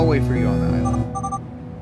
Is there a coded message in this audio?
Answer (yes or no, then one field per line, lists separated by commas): no